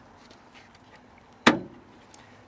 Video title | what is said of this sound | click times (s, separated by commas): How to Replace the Interior Door Handle on a 2016 Nissan Rogue - Easy DIY Guide | it locks in place and the screw is now available | 1.5 s